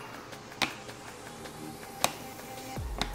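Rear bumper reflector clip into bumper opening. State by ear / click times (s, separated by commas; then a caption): seated / 0.6 s, 2.0 s, 3.0 s. A new rear reflector is pressed into the rear bumper of a BMW G8X (M3, M4), its three plastic clips going in tight. Each clip snaps home with a sharp, loud click at 0.6, 2.0 and 3.0 seconds, over a low, steady background. All three clips are seated in the bumper opening.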